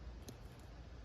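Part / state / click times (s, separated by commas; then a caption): dart into blowgun tube / seated / 0.3 s. A dart is inserted into a blowgun tube only until it clicks once, locking it in place instead of pushing it past the click point. A single short, sharp click is heard at 0.3 s over a quiet background. The dart is seated and locked in position.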